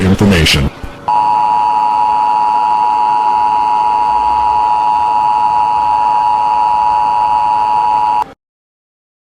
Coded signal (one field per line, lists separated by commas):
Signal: Emergency Alert System (SAME) tones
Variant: 853 and 960 Hz attention tone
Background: speech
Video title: eas scenario 5: Zombie